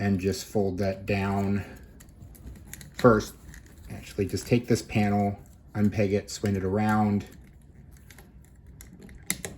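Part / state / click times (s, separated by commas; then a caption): plastic panel into an action figure's torso / seated / 9.3 s. Someone talks while handling a Studio Series Rise of the Beasts Leader Class Optimus Primal action figure, unpegging a plastic panel and swinging it around, with light clicks and taps in between. The panel is then collapsed into the figure's torso and snaps into place with a sharp click at 9.3 s.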